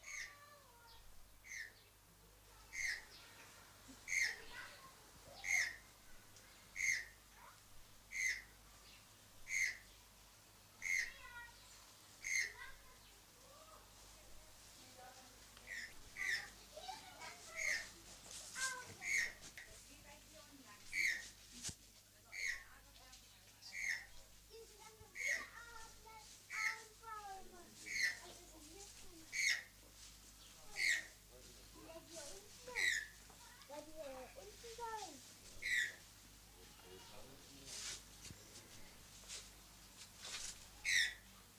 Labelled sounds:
Channel-billed Toucan (Ramphastos vitellinus) call
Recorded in captivity
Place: Zoo Halle, Sachsen-Anhalt, DE
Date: 2003-10-19 13:10
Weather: heiter, ca. 3-4°C
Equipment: Fair Mate ST-1328 (Asahi Electronics, Japan), Sennheiser ME 80, Kopie Uher 4000 Report Monitor
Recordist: Tembrock, Günter
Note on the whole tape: Rufreihe

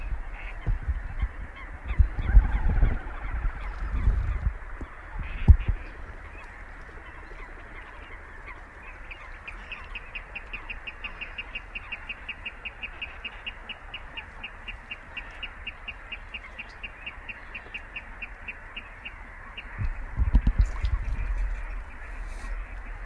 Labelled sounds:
Little Crake (Porzana parva)
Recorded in the wild
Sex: diverse
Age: adult
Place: Kützerhof, Kummerower See, Mecklenburg-Vorpommern, DE
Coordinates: 53.8583, 12.85
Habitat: wetland
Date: 2010-04-28 21:28
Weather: fair, 14°C, no wind
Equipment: Sound Devices 702, Sennheiser MKH 70, Rycote Windschutz
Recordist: Frommolt, Karl-Heinz

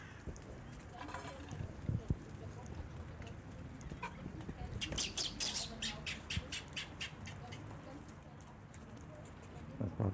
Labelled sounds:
Gelada (Theropithecus gelada)
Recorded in captivity
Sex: group
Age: diverse
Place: Tiergarten Wilhelma/Stuttgart, Baden-Württemberg, DE
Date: 2005-03-14 15:30
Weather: heiter, 5-8°C
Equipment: Sony WM-D6C, Sony ECM-MS 907, Kopie Uher 4000 Report Monitor
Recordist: Tembrock, Günter
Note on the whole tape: Dschelada: Gruppe bei den Mähnenschafen: Futterkörner gestreut; Laute bei agonistischen Interaktionen - auch von Jungtieren

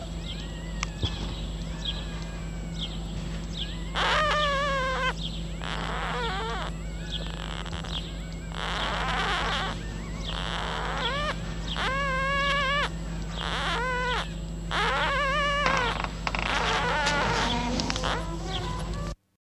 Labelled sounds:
Red Fox (Vulpes vulpes)
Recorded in captivity
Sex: male
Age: juvenile
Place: Zoologisches Institut der HUB, Berlin, DE
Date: 1956-04-28 12:40
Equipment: Elmetra
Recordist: Tembrock, Günter
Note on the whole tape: Molly-Welpen. Männchen: Quärren

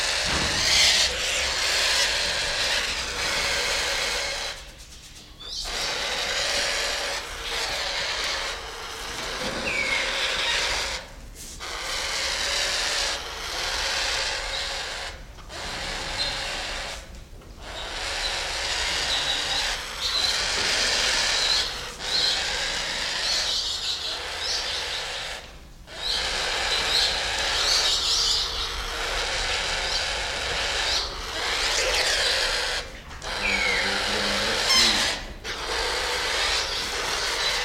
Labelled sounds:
Spotted Thick-knee (Burhinus capensis) hissing
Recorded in captivity
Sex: pair
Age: adult
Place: Zoo Berlin, Berlin, DE
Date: 1993-01-30 11:20
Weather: -6° C, sonnig
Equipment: Marantz CP 430, Sennheiser ME 80, Kopie Uher Variocord 263
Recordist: Tembrock, Günter

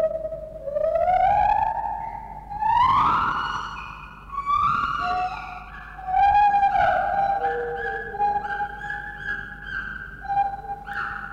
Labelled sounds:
Lar Gibbon (Hylobates lar)
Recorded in captivity
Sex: pair
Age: adult
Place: Zoo Berlin, Berlin, DE
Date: 1960-11-05 12:00
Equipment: Minifon, Kopie Smaragd
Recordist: Tembrock, Günter
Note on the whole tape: Paar: Rufreihen nach Fütterung, sie beginnt (dunklere Crescendo-Reihe; zweistrophig) er fällt ein (hellere zweisilbige Laute, auch Triller). Sie zwischen den Rufreihen dunkle klangvolle Einzellaute. Abstand 6 - 9 m

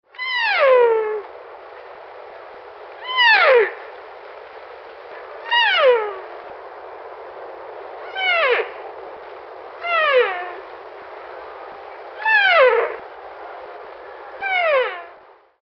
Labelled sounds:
Barasingha (Rucervus duvaucelii)
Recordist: Tembrock, Günter
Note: Ruffolgen eines Weibchens

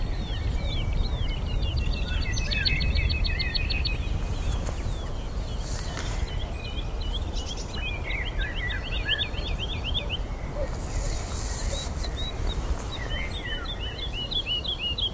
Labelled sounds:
Wood Lark (Lullula arborea) flight song
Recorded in the wild
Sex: male
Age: adult
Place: Brunow, Gamengrund, Brandenburg, DE
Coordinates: 52.7272, 13.8911
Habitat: field
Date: 1995-04-16 19:00
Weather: overcast, intermittent rain, 4°C, weak winds
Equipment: Sony WM-D6C, Sennheiser ME 80, K 30 AV (III), Kopie Revox C 270
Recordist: Frommolt, Karl-Heinz

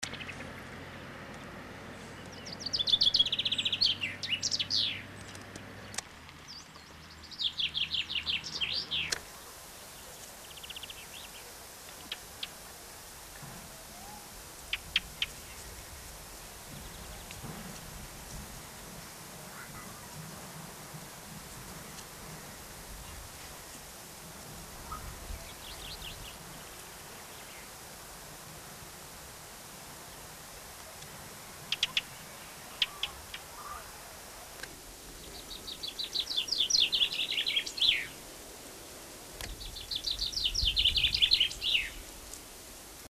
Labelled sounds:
Common Chaffinch (Fringilla coelebs) song, Ring Ouzel (Turdus torquatus)
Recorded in the wild
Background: Turdus torquatus
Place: Oberstdorf, Bayern, DE
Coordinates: 47.3992, 10.2422
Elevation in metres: 995
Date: 1985-04-04
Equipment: Uher 4000 Report
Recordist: Tretzel, Erwin
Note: Parkplatz, Söllereck-Talbahnstation, Oberstdorf: Reviergesang

